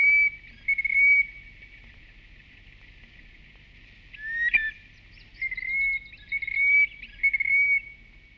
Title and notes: Viikon luontoääni: Rantakurvi. Viikon luontoäänen esitteli Pertti Koskimies